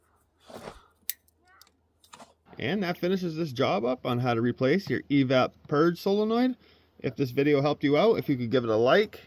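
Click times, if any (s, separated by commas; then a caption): 1.1 s. A plastic wiring harness connector is pushed back onto the EVAP purge solenoid of a 2018–2024 Toyota Camry. It locks with one sharp, loud click at 1.1 s, followed by a few faint handling ticks. From about 2.5 s, someone talks.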